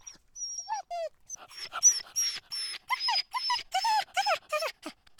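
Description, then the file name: Dog yelps, high-pitched and whining, starting with a few separate cries, then a rapid run of sharp, bending yelps packed closely together before stopping abruptly. "freesound Dogs Yelping"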